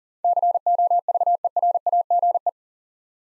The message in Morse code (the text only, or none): COVERAGE